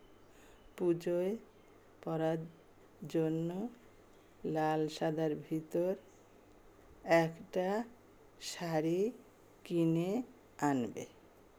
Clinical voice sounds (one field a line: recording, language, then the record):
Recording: elicited speech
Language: Bengali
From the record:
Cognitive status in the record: dementia